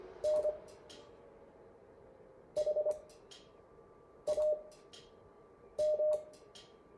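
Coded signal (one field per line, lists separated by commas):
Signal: Morse code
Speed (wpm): 26 wpm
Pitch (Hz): 610 Hz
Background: none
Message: NHAM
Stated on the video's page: Morse code make-up class session.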